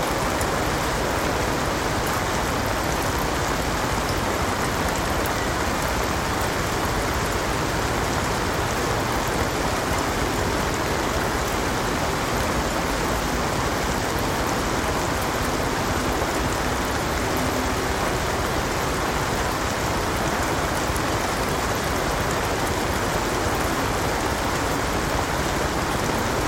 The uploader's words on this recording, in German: Sanfter Sommerregen. Städtische Kanalatmosphäre. Entfliehen Sie auf ein gemütliches Hausboot in den charmanten Kanälen von Utrecht, wo das sanfte Prasseln des Sommerregens eine beruhigende ASMR-Klangkulisse erschafft. Wenn der Regen leise auf die Wasseroberfläche klopft, entsteht eine harmonische Melodie mit dem dezenten Leben der Stadt.